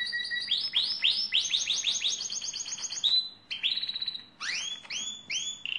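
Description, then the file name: Lizard canary delivering loud repeated upswept whistles in a rapid series, a brief pause, then more rolling rising notes and trills. "canto do canario lizard"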